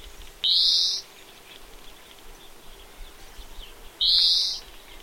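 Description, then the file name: European greenfinch giving two drawn-out buzzy wheezes, each about half a second long, roughly three seconds apart, over quiet background hiss. "Chloris chloris"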